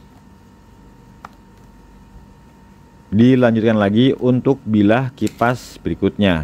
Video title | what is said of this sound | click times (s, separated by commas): Makeover Ruangan Kamar Dengan Kipas Lampu - Pilih Estetika atau Fungsi? - #373 | tekan Sampai bunyi klik dilanjutkan | 1.2 s